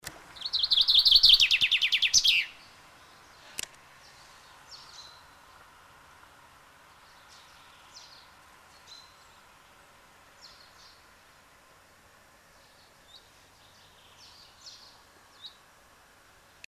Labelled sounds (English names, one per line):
Common Chaffinch song
White Wagtail